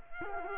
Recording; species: mosquito wingbeat signal from an infrared sensor; Culex quinquefasciatus